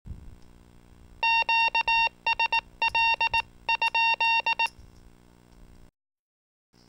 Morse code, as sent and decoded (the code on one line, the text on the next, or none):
--.- ... .-.. ..--..
QSL?